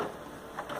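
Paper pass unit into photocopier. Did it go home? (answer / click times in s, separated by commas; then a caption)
no / none. A paper pass unit for a Sharp MX photocopier is lifted and slid back into the machine like a drawer, guided under the small front bracket. Steady sliding and rubbing sounds run through the clip, with a brief louder bump at about 0.6 s. The unit is still being handled and has not seated or clicked into place yet.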